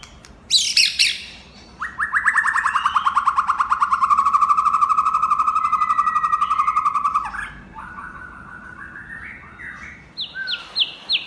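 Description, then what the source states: White-rumped shama song: a sharp high burst, then a long rapid buzzy trill held steady for about five seconds, followed by short whistled phrases and high repeated notes. Champion bird from a singing contest.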